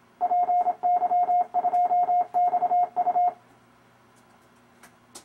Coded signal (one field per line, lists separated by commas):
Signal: Morse code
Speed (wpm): 27 wpm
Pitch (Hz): 710 Hz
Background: none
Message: PY2XU